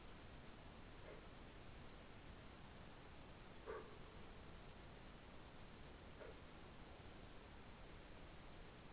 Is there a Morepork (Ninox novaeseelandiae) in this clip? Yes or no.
no